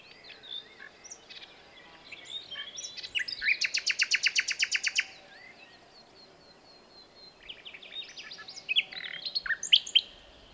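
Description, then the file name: Common nightingale song: varied chirps build into a loud, fast, steady run of repeated notes lasting over a second, then softer jumbled phrases. "Luscinia megarhynchos"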